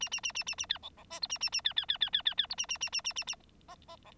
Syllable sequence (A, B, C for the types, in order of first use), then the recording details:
A A A A A A B C C D E A A A B B B B B B B E A A A A A A A F F C. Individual Bird9